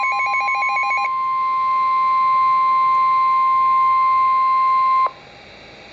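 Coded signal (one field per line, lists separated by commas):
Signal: Emergency Alert System (SAME) tones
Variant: 1050 Hz attention tone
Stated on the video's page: Severe thunderstorm warning received on NOAA Weather Radio.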